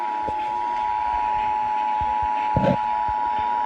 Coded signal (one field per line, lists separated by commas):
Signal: Emergency Alert System (SAME) tones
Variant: 853 and 960 Hz attention tone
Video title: EAS #331 Required Monthly Test